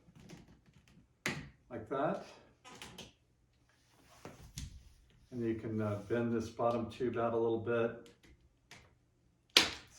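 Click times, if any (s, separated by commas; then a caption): 9.6 s. Someone talks while bending the bottom frame tube of a tent-shaped instrument humidor slightly outward so the cross member's snap tee can go on. The snap tee snaps onto the tube with a sharp, loud click at 9.6 s, seating it in place.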